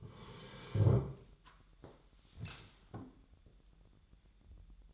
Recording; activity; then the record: daily activity, microphone in the room; sit down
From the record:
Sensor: 3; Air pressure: 1001.9 hPa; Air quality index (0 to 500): 246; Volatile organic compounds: 124 ppm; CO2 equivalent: 3896 ppm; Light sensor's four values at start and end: 9/22/9/10 and 8/19/8/8